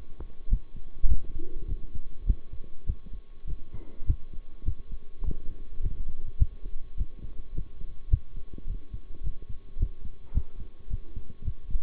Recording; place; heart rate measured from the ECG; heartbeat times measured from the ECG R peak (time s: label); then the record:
heart sounds by stethoscope; between the tricuspid and mitral areas; 104 bpm
0.50 s: heartbeat
1.08 s: heartbeat
1.68 s: heartbeat
2.26 s: heartbeat
2.86 s: heartbeat
3.47 s: heartbeat
4.06 s: heartbeat
4.65 s: heartbeat
5.24 s: heartbeat
5.82 s: heartbeat
6.39 s: heartbeat
6.97 s: heartbeat
7.54 s: heartbeat
8.10 s: heartbeat
8.67 s: heartbeat
9.23 s: heartbeat
9.78 s: heartbeat
10.34 s: heartbeat
10.89 s: heartbeat
11.44 s: heartbeat
From the record:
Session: bicycle stress test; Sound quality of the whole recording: good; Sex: male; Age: 23 years